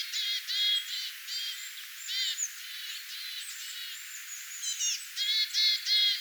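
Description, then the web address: Small birds calling together, with bright harmonic chirps repeated in quick irregular bursts over high twittering from the flock. Flock of small birds calling, recorded on 22 August 2025. "paivat 22 8 2025 pikkulintuparven aantelya"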